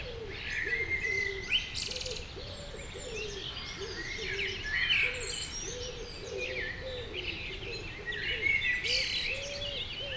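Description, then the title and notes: Wood pigeon cooing in low, rhythmic, repeated phrases throughout, under busy whistled songbird song and higher chirps. Morning, near the Sierroz, Aix-les-Bains, France. "Rue Jacques Cartier Aix-les-bains France. puis pigeons ramiers"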